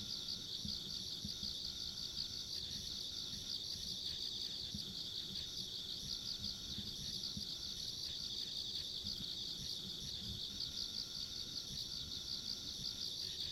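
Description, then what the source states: Insects keep up a dense, unvarying shrill chorus for the full length, accompanied by a faint thin higher whine and low rumbling noise. Ambient insect sounds recorded along a rural country road.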